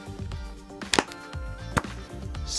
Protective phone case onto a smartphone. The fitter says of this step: snaps right in wow looks beautiful